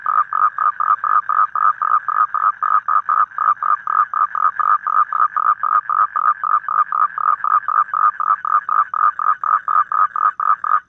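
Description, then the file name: Toad sounding a rapid, regular string of raspy croaks, several per second, continuing throughout. "Am thanh tieng Coc keu"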